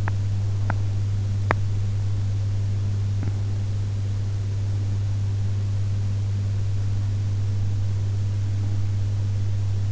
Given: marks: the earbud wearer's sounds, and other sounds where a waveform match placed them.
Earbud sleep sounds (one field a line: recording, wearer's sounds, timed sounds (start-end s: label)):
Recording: sounds in sleep by an in-ear microphone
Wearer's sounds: teeth grinding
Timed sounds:
0.00-1.57 s: teeth grinding